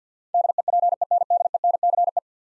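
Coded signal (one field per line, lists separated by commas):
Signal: Morse code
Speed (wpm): 48 wpm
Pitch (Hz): 700 Hz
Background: none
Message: DEPENDENCE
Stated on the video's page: Morse practice drill of 10-letter words at 50 wpm; each word sent twice for head-copy.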